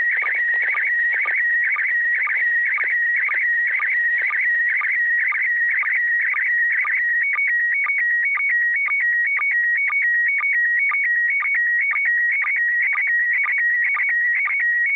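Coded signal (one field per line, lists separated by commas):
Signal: SSTV (slow-scan television)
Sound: warbling tone shifting between high pitches, punctuated by regular short low chirps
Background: radio static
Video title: Réception d'une image SSTV de l'ISS avec un Baofeng UV-5R le 01/12.2021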